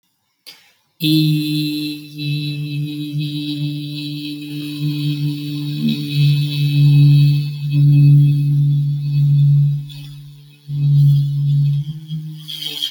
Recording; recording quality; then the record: sustained vowel as in beet; excellent, no background noise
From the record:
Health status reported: healthy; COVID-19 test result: not tested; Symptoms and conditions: none ticked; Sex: male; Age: 23 years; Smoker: not ticked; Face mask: not worn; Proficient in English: yes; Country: India